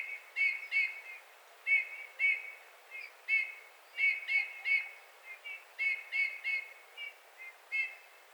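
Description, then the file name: Eurasian bullfinch calling with gentle whistled pipes, frequent, often in quick runs of two or three notes. "Pyrrhula pyrrhula"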